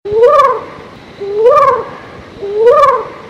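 Owl calling, three rising-then-falling hooting notes with a slightly rough edge, repeated about every 1.2 seconds.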